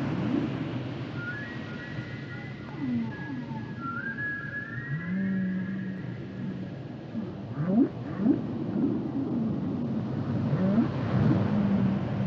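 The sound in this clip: Whale song mixing sustained high whistles, low swooping moans and clusters of rising upsweeps, several phrases overlapping above continuous low underwater rumble.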